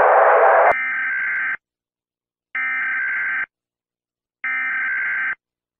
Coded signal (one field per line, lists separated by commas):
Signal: Emergency Alert System (SAME) tones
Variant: header bursts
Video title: EAS Scenario - Shockwave (Strange Matter Apocalypse)